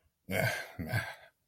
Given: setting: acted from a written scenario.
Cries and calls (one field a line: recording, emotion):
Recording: vocal sound without words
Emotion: embarrassment